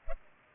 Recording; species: mosquito wingbeat signal from an infrared sensor; Culex pipiens